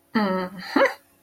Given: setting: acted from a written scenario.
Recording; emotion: vocal sound without words; pride